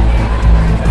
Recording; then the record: background sound without coughing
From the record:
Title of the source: Party Noise 1 Hour Party Ambience